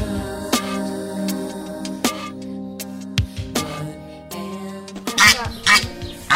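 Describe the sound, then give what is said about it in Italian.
Wiki, a four-year-old pet Chinese goose born in June 2008, honks repeatedly: loud, nasal, harmonic calls at irregular intervals, ending in a flurry of harsher, noisier squawks. “Questa è Wiki, è un'oca cinese cinese, è nata a giugno del 2008, perciò ha fatto adesso 4 anni.”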